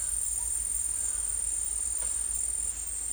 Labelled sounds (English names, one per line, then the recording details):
none
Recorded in secondary vegetation near Puerto Asís, Putumayo, Colombia, on 22 December 2024 at 14:00
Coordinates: 0.484, -76.319
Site GP06